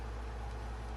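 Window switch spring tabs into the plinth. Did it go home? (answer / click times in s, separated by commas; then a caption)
no / none. A vintage Ducellier window switch for a Ferrari 330 is being handled as its second side is pressed toward the plinth, where its spring tabs will snap in. Only a steady low hum with broadband noise is heard, with no distinct transients. Nothing has seated or clicked yet.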